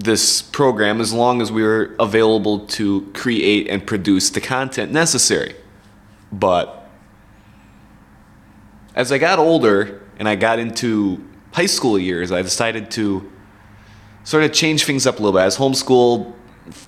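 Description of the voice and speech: An adult man speaks at a moderate pace with stretched-out sounds on small words and a long silent stall of about two seconds after "but" before speech resumes. These are mild stuttering disfluencies, prolongations and a block, within otherwise fluent speech, the audible signs of his speech impediment.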